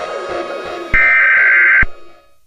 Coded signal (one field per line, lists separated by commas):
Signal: Emergency Alert System (SAME) tones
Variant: header bursts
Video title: EAS Scenario: A Radio-Like Problem (Alternative Ending) [Requested]